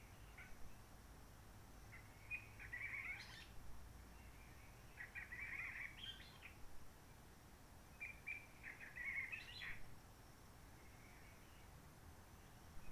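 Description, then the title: Faint Réunion bulbul song: three main bursts of warbled whistles a few seconds apart, with a low constant hum beneath. Roche Merveilleuse forest, Réunion; quiet since the 19 March 2020 lockdown, no hikers, microlights or helicopters; sunny blue sky; birds not very active; sings simpler short phrases, adapted to past noise pollution. "Roche Merveilleuse, Réunion - Merle de lîle de la Réunion."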